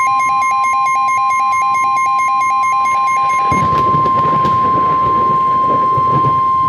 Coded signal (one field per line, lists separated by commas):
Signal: Emergency Alert System (SAME) tones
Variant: 1050 Hz attention tone